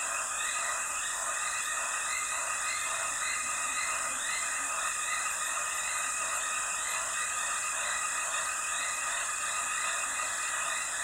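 Along a dry stretch of the Limpopo River, a dense, unbroken chorus of shrill, insect-like tones fills the air, layered at several pitches with a faint rapid pulsing. The level stays constant throughout, with only a soft low rumble underneath.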